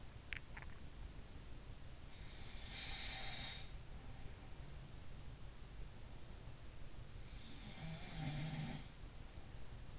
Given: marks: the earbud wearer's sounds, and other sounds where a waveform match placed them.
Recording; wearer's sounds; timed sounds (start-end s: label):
sounds in sleep by an in-ear microphone; swallowing
0.00-0.93 s: swallowing
2.23-4.69 s: sound from someone else or the room
7.43-9.38 s: sound from someone else or the room